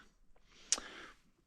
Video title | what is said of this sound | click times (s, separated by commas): Yume predator, replacing the front blinker | So you see this little click or the click | 0.7 s